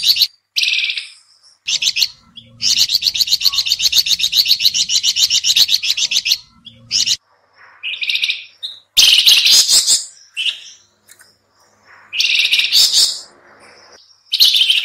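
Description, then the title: Sooty-headed bulbul chattering calls: bursts of rapid, harsh, buzzy notes in uneven phrases with abrupt stops, separated by short silences. Lure recording (pikat) of noisy, combined calling. "PIKAT KUTILANG RIBUT KOMBINASI"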